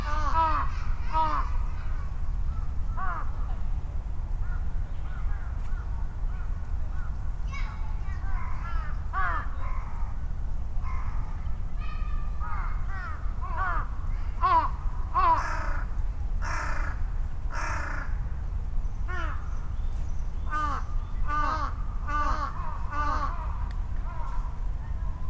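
Crows caw back and forth throughout, in loud bursts that cluster around the middle and later part. Voices and scattered human sounds mix in, all over a constant low rumble of traffic.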